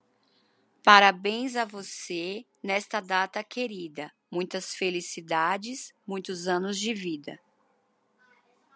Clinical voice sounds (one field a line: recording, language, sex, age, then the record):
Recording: short text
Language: Brazilian Portuguese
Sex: female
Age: 40 to 49 years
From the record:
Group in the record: control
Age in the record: 40 years